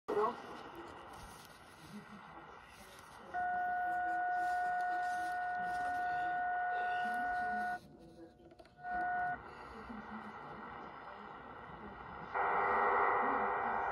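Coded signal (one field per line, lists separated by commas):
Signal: numbers station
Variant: Cuban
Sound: two steady pure tones over static, a dropout, then a harsh wide rushing data burst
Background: radio static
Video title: Cuban Numbers Station 11.635 Mhz 1/28/23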